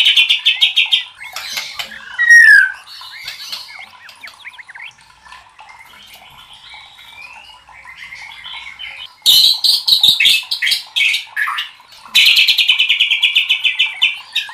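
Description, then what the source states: White-rumped shama song with fast buzzy rattles, a loud slurred whistle, a quieter run of soft warbling, then two more loud rattling bursts. Masteran (training recording for cage birds) of murai batu 'Labaik'.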